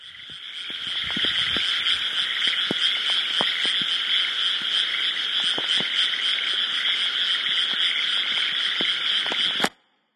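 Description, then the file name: Frogs calling in a dense, continuous chorus of rapid, buzzy croaks that overlap without pause, then stop abruptly near the end. "カエル"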